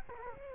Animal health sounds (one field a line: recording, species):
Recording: mosquito wingbeat signal from an infrared sensor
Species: Culex quinquefasciatus